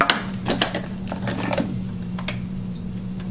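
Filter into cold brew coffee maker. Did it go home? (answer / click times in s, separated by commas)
no / none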